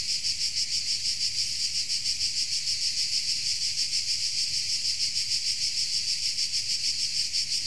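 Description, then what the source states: Insect chorus of high, rasping trills throbbing in a regular beat of roughly three pulses per second, unbroken for the whole stretch. Insects in Tuscany.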